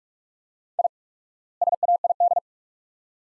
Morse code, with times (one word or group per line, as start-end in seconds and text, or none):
0.8-0.9 I
1.6-2.4 SAID